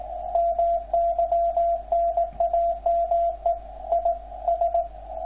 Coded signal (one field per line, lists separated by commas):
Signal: Morse code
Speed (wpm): 20 wpm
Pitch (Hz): 680 Hz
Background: radio noise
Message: MY NAME IS